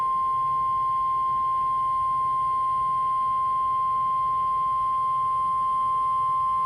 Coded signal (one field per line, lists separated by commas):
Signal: Emergency Alert System (SAME) tones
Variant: 1050 Hz attention tone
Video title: Storms, Floods, And Blacksburg Being Slow || EAS Alerts from 7/25-8/1/22 || EAS 343-366